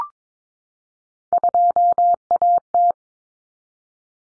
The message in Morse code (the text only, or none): 2AT